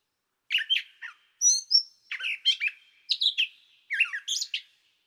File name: Gray Catbird